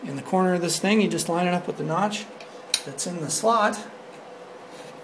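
Someone talks while a server processor is lined up by the notch in its corner with the notch in the slot of a motherboard CPU socket, ready to be dropped in. Only speech and faint handling are heard, with no hits; the processor has not seated or clicked yet.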